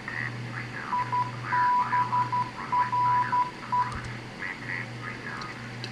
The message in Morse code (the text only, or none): IBRE